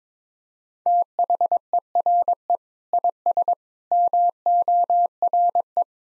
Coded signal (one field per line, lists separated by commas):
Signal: Morse code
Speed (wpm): 22 wpm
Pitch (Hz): 700 Hz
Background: none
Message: THERE IS MORE